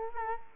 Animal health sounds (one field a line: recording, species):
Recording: mosquito wingbeat signal from an infrared sensor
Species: Culex quinquefasciatus